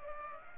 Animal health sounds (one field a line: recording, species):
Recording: mosquito wingbeat signal from an infrared sensor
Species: Culex pipiens